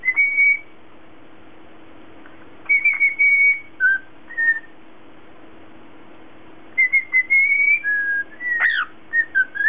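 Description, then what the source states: Cockatiel whistling in three short bursts of clear, level or slightly falling notes, the last including a sharp rising-and-falling whistle; a steady low hum runs underneath throughout. Lutino colour variety.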